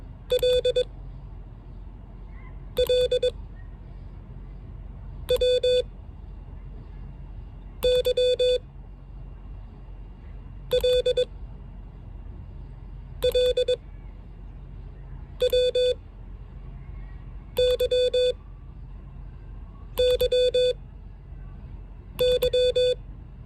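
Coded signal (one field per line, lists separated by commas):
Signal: Morse code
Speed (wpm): 21 wpm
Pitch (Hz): 500 Hz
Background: none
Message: L L W Y L L W Y Y Y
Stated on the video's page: Morse code alphabet lesson number five, sent with an American Morse paddle.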